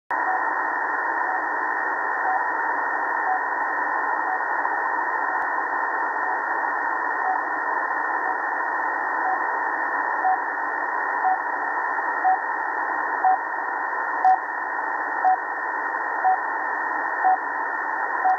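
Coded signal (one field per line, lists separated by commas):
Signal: radio time signal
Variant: RWM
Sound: short tone ticks once per second under steady shortwave hiss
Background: radio static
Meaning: Each short pulse marks one second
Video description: Empfang des starken, russischen Zeitzeichensenders RWM auf 4997 Khz. Gesendet werden Sekunden Impulse und nach jeder Minute ein längerer Ton.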